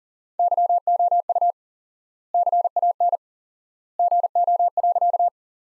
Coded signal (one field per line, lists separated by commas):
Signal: Morse code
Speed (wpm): 40 wpm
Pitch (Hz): 700 Hz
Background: none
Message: YOU CAN GO.